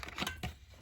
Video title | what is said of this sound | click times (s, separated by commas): SAB Goblin RAW 580 Nitro Build Part 5 | down, as you can see right there. So now our canopy is latched | 0.0 s, 0.4 s